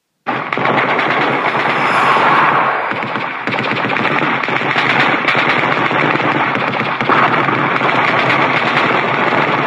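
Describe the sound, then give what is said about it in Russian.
Sustained machine-gun fire from bunkers rattles on without a break, a loud, dense barrage of rapid shots that fills nearly ten seconds. No one speaks. “Другие бункеры еще держались и вели плотный непрерывный огонь.”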